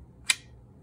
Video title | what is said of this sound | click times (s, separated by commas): Near Perfect Minimalism Everyday Carry! Akeeni XSto Wallet - Review & Test. One of the BEST | that little click is your indication that everything is safe and secure and as you can see | 0.3 s